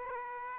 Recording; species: mosquito wingbeat signal from an infrared sensor; Aedes aegypti